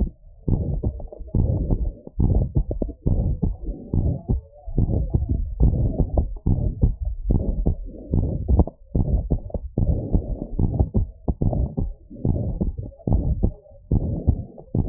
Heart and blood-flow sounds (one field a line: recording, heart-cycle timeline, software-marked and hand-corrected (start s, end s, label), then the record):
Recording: heart sounds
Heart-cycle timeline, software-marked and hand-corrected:
0.00	0.53	diastole
0.53	0.67	S1
0.67	0.75	systole
0.75	0.85	S2
0.85	1.41	diastole
1.41	1.59	S1
1.59	1.67	systole
1.67	1.79	S2
1.79	2.27	diastole
2.27	2.45	S1
2.45	2.55	systole
2.55	2.65	S2
2.65	3.15	diastole
3.15	3.31	S1
3.31	3.41	systole
3.41	3.51	S2
3.51	4.03	diastole
4.03	4.15	S1
4.15	4.19	systole
4.19	4.25	S2
4.25	4.77	diastole
4.77	4.89	S1
4.89	4.95	systole
4.95	5.07	S2
5.07	5.61	diastole
5.61	5.77	S1
5.77	5.81	systole
5.81	5.93	S2
5.93	6.47	diastole
6.47	6.59	S1
6.59	6.63	systole
6.63	6.73	S2
6.73	7.27	diastole
7.27	7.39	S1
7.39	7.47	systole
7.47	7.57	S2
7.57	8.17	diastole
8.17	8.33	S1
8.33	8.47	systole
8.47	8.63	S2
8.63	9.09	diastole
9.09	9.21	S1
9.21	9.29	systole
9.29	9.39	S2
9.39	9.89	diastole
9.89	10.03	S1
10.03	10.13	systole
10.13	10.23	S2
10.23	10.75	diastole
10.75	10.89	S1
10.89	10.97	systole
10.97	11.09	S2
11.09	11.55	diastole
11.55	11.67	S1
11.67	11.73	systole
11.73	11.79	S2
11.79	12.29	diastole
12.29	12.41	S1
12.41	12.47	systole
12.47	12.57	S2
12.57	13.13	diastole
13.13	13.27	S1
13.27	13.39	systole
13.39	13.51	S2
13.51	14.05	diastole
14.05	14.17	S1
14.17	14.27	systole
14.27	14.37	S2
14.37	14.89	diastole
From the record:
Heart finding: abnormal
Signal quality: good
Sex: female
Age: 66 years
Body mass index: 28.3